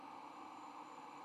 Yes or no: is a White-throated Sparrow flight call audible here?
no